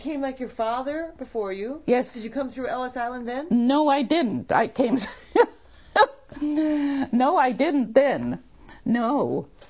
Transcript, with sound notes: You came like your father before you.
Yes.
Did you come through Ellis Island then?
No I didn't. I came - (laughs) no I didn't then, no.